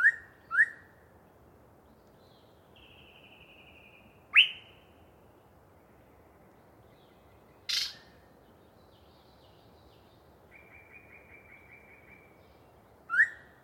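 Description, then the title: Yellow-breasted chat song: scattered sharp downslurred whistles and clicks, a short buzzy rattle and a faint trill, with long quiet gaps between notes. Pre-dawn, a particularly chatty bird giving a long soliloquy from deciduous cover. "A Very Chatty Yellow-breasted Chat"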